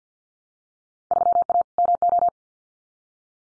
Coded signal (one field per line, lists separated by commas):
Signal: Morse code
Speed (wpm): 50 wpm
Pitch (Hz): 700 Hz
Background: none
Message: 3A MO